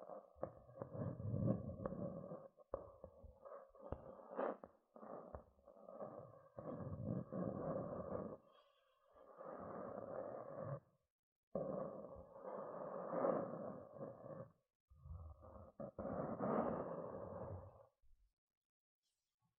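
Gentle scratching comes in rough, rasping strokes lasting a second or two, with a low rumble underneath and a steady midrange tone running through each stroke. Brief pauses break the pattern near 8, 11 and 15 seconds, and the sound stops at about 18 seconds.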